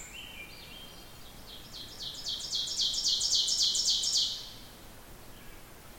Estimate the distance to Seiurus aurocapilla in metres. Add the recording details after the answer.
about 20 m. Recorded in boreal forest in Alberta, Canada, on 14 June 2016 at 06:27. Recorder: SongMeter 3, array SBT-3-33. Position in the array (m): 126 m, 36 m. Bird 21